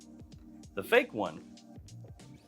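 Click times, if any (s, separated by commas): none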